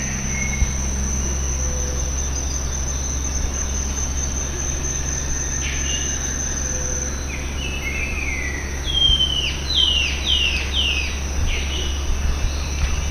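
Bird calls: a run of quick, downward-sweeping chirps in the second half over a steady low hum.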